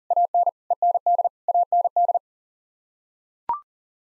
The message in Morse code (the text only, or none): AN END AND